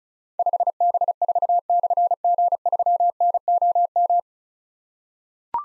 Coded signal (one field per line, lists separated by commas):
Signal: Morse code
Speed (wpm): 36 wpm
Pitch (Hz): 700 Hz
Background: none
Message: 5B4/G3NOM